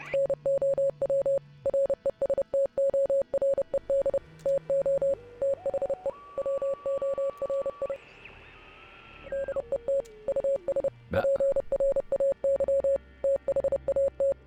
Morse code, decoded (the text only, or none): NOW RESTORED TO THE WORID ET US PRAY THAT